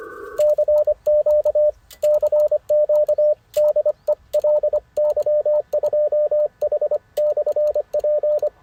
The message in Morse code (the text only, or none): CQ CQ DE LY2H/P